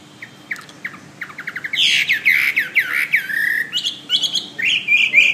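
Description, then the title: Bird song: fast, scratchy chattering of sweeping notes that builds into dense, buzzy phrases, followed by brighter chirps near the end. "SuaraBurung Kicau"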